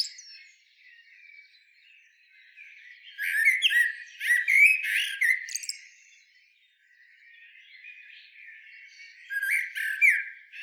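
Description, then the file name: Eurasian blackbird song: a long run of rich warbled notes with high twittering flourishes, a pause, then another phrase begins. "Turdus merula"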